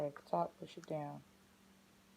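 A hair extension snap clip is handled on natural hair, about to be pushed down from the top while someone talks. Nothing has snapped shut or clicked yet; the talking stops after about 1.2 seconds, leaving quiet background.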